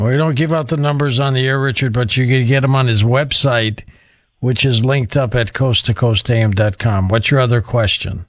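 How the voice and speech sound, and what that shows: An adult man speaks clearly and fluently at an even pitch with a short pause; ordinary speech, heard as a radio broadcast host answering a caller.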